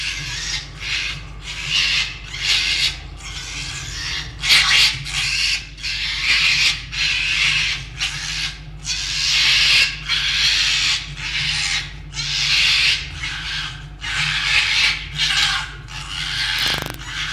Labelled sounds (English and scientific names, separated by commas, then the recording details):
Red Fox (Vulpes vulpes)
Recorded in captivity
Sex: group
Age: adult
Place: Zoologisches Institut der HUB, Berlin, DE
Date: 1956-02-20
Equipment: Elmetra
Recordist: Tembrock, Günter
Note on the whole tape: Jupp: Ranzmuffen (beim Aufreiten auf Fiffi), Muffen ohne Fleisch, einmal beim Aufstellen gegen Zenzi; Zenzi: Keckern; Fiffi: Knurren und Sprödigkeitslaute gegen Jupp; Zenzi (von Jupp nochmals verfolgt): Winseln (gepreßt) bis Kreischen. Immer wieder starke technische Störungen (Brutzeln/Knistern) und Netzbrummen